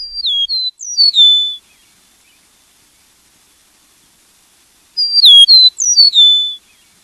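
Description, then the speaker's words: Eastern Meadowlark song: two clear whistled phrases of slurred, descending notes, separated by a few seconds of silence. Song remembered as 'Spring of the year'; seen on the ground, fence posts and power lines in meadows or fields. "The eastern meadowlark is quick to tell you his. Spring of the year is the song of the meadowlark."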